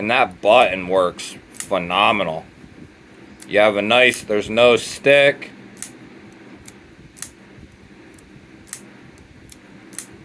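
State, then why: Seated. Someone talks while handling a CJRB Chord folding knife with micarta scales, then repeatedly deploys and closes the blade as the button lock engages each time. Sharp, clear lock clicks sound at 5.8, 7.2, 8.7 and 10.0 seconds, with quieter clicks between them, and each deployment seats the blade firmly in the button lock.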